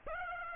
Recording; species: mosquito wingbeat signal from an infrared sensor; Aedes aegypti